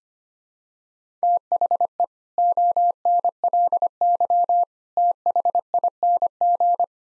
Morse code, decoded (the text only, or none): THE ONLY THING